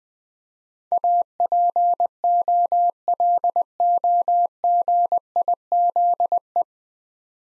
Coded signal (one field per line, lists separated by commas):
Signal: Morse code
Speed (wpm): 20 wpm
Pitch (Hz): 700 Hz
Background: none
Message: APOLOGIZE